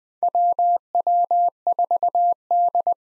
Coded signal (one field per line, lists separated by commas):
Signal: Morse code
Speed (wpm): 20 wpm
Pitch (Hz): 700 Hz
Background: none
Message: WW4D